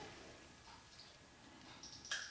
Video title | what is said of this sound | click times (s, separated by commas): Freestyle Navigator CGMS - Sensor Insertion | slide it on until i hear a pop and i'm all done | 2.0 s, 2.1 s